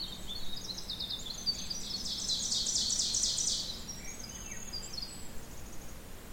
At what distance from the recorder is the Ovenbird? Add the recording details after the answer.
about 25 m. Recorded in boreal forest in Alberta, Canada, on 16 June 2016 at 06:28. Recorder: SongMeter 3, array SBT-3-32. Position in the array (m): 183 m, 45 m. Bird 36